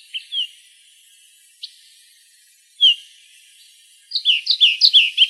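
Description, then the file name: Olive warbler calls: sparse, thin high chips spaced over several seconds, then a rapid burst of sweet, slurred notes at the close. Recorded in Arizona. "OLWA 3 B deviche"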